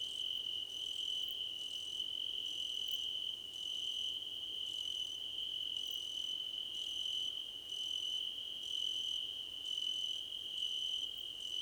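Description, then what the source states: Cricket chorus with a constant high-pitched trill and regular pulsed chirps above it, coming about once a second for the whole stretch. Crickets, described as a choir competition.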